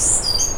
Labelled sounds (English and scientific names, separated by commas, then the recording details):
Stitchbird (Notiomystis cincta) song
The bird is a male
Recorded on Tiritiri Matangi Island, New Zealand, in 2005
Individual 12, of nest box 16